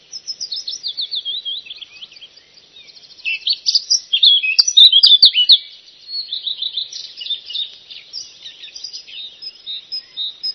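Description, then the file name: Eurasian blackcap singing a fast, rambling warble of chattering and twittering notes, growing louder in the middle with a brief click, then softer again. "zwartkop"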